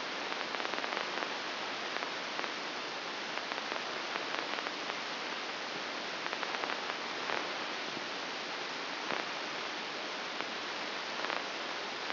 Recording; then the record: brain microelectrode recording played as sound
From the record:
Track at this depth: inside the subthalamic nucleus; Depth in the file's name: 5.861 mm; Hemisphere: left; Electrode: 2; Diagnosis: Parkinson's disease